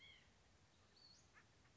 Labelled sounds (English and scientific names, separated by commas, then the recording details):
White-breasted Nuthatch (Sitta carolinensis)
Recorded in Sonoma County, California